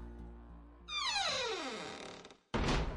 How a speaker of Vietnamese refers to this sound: Cửa lớn đóng lại, thoáng chốc ánh sáng trở nên lờ mờ.